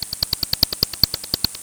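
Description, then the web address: Bat calls: a steady series of short clicking pulses, about ten each second, sharp and evenly spaced. "lilieci"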